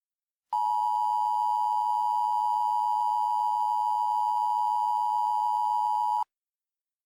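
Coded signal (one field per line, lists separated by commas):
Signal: Emergency Alert System (SAME) tones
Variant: 853 and 960 Hz attention tone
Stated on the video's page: Fictional, simulated EAS alert made for entertainment; the final segment lacks the EAS tones.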